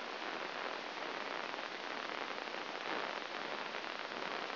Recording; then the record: brain microelectrode recording played as sound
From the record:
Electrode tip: inside the subthalamic nucleus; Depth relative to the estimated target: 4 mm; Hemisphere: left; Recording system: AlphaMap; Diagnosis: Parkinson's disease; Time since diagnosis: 12 years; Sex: male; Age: 57 years